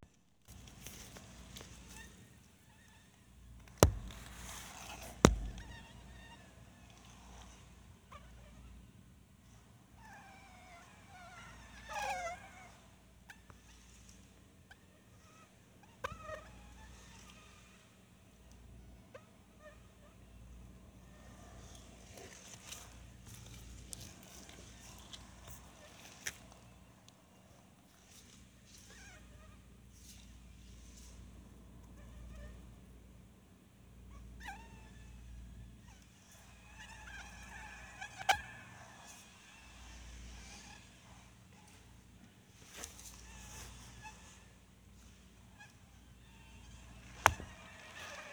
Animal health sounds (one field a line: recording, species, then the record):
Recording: mosquito flight sound by mobile phone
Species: Anopheles stephensi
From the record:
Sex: mixed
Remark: in a cage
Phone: Sony Xperia